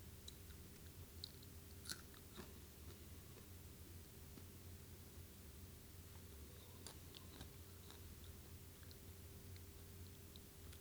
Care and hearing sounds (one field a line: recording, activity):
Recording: daily activity, guitar pickup as the sensor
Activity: eat